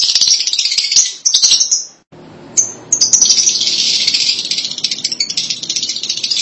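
Lovebird chattering: dense, high, scratchy twittering almost throughout, broken by a short gap.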